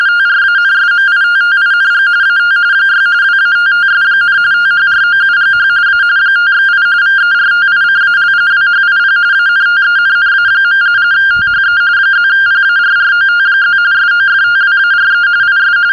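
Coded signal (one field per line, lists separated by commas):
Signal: RTTY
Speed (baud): 45.45 baud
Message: TRANSMITTING AT 6 WATTS, THROUGH A 5/8 VERTICAL WHIP ANTENNA. THE +PARROT+ SOFTWARE IS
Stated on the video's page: RTTY and SSTV played through a homemade parrot/echo simplex repeater built from a bare-metal audio capture program.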